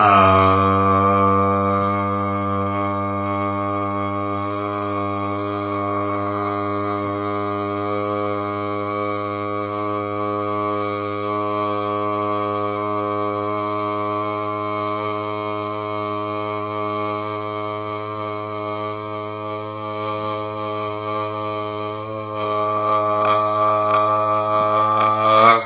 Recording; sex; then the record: sustained vowel /a/; male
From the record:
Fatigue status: no fatigue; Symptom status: asymptomatic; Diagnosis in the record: COVID-19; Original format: 3gp